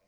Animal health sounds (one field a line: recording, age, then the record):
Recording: pig call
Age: piglet (1 to 25 days)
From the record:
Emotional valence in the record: positive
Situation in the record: short reunion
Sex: female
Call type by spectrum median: low-frequency call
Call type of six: low-frequency tonal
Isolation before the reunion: 3 minutes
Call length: 0.08 s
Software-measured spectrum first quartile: 494 Hz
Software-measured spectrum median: 1198 Hz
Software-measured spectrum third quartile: 6649 Hz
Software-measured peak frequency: 668 Hz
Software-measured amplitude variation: 19 dB a second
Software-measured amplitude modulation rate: 6.0 a second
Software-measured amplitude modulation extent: 3.1 dB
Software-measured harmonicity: 2.1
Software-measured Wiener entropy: -2.24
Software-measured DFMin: 426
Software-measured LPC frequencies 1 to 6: 616, 2299, 3996, 4776, 5572, 6318 Hz